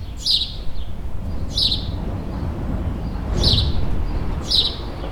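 Bird: four crisp high chirps, with low rumbling noise that swells briefly partway through.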